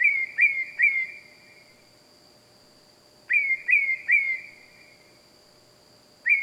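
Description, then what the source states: Bird calls at night: groups of three sharp, slurred whistled notes repeated after a pause of about two seconds, with a steady high tone in the background. Loud bird calling at night, wild.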